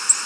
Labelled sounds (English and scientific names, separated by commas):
Tennessee Warbler (Leiothlypis peregrina) flight call